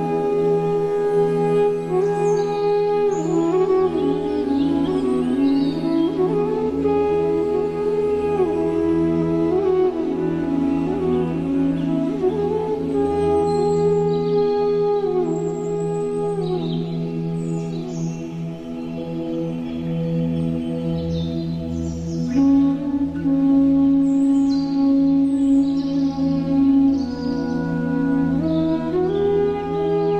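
Flute music plays a slow, gliding melody over a steady low drone that holds throughout. Short bright chirps, like birdsong, come and go high above the tune, more often in the second half. The level stays even, with a slight dip around twenty seconds.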